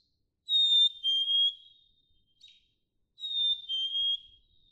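Black-capped chickadee whistling two plaintive two-note phrases, high then dropping slightly, separated by a quiet pause with a faint note.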